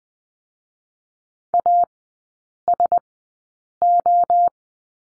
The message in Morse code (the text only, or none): A S O